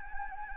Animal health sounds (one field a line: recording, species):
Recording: mosquito wingbeat signal from an infrared sensor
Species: Anopheles gambiae